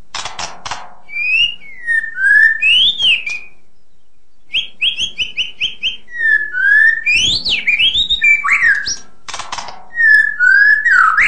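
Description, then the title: White-rumped shama song of clear, separated whistles, some rising and some falling, with short clicks and a brief silent pause midway. Full variation song. "mster Mnuk. KICAUAN MURAI BATU FULL VARIASI"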